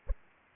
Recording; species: mosquito wingbeat signal from an infrared sensor; Aedes aegypti